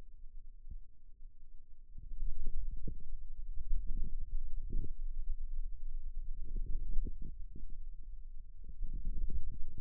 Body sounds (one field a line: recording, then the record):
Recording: forearm muscle sounds (acoustic myography)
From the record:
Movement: radial deviation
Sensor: system 2, bracelet of six BSWA MPA416 microphones around the upper forearm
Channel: 5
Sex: male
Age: 22 years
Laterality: right